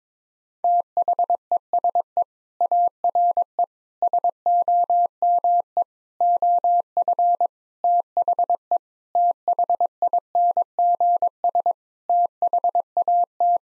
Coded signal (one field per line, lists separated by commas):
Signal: Morse code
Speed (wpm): 22 wpm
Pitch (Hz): 700 Hz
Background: none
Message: THESE ARE SOME OF THE THINGS THAT